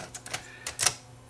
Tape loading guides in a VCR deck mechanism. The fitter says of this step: way the guys can come all the way back down lock